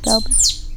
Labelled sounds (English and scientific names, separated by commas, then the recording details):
Stitchbird (Notiomystis cincta) song
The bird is a male
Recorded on Tiritiri Matangi Island, New Zealand, in 2005
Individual 21, of nest box 30